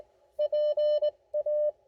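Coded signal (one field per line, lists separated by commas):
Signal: Morse code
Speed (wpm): 22 wpm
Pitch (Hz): 590 Hz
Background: none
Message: PA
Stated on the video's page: QRP CW Parks On The Air activation with an ICOM IC-705 and a Gabil GRA-7350TC antenna; bad QSB (fading) and poor weather.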